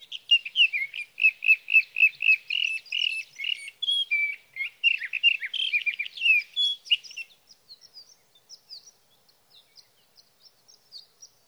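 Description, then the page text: Sage thrasher song, a fast, steady stream of warbled notes for about seven seconds, followed by faint scattered high ticks. Male singing near his night roost through three nights, evening of June 12 to morning of June 15, 2018, Sierra Valley, California; Swift recorder placed near roost; night songs. "Birdsong for the Curious Naturalist: Explore #7. 61. Sage thrasher songs, through the night"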